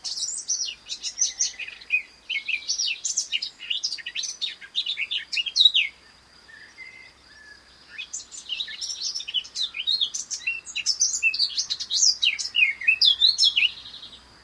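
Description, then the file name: Eurasian blackcap song: a rapid, varied warble of high chirps and twittering notes, pausing briefly midway before resuming in dense bursts. "Sylvia atricapilla"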